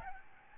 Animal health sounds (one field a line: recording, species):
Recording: mosquito wingbeat signal from an infrared sensor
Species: Aedes albopictus